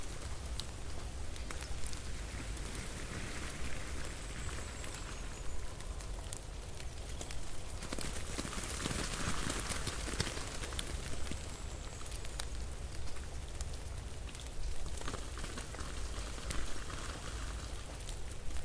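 Snow falling and melting makes a steady, dense patter of fine ticks and drips, much like light rain on a surface. The crackle stays even throughout, with a brighter, hissier swell around the middle and a constant low rumble underneath.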